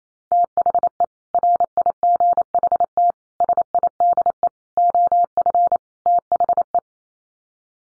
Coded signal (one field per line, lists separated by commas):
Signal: Morse code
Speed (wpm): 28 wpm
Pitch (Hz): 700 Hz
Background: none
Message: THE RIGHT SIDE OF THE